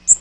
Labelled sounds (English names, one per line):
Magnolia Warbler flight call